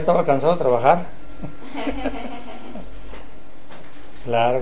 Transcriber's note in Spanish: risas